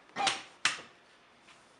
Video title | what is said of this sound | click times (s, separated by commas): Quick Installation Guide - How to setup a lift chair | shove it down you'll hear it click into place | 0.6 s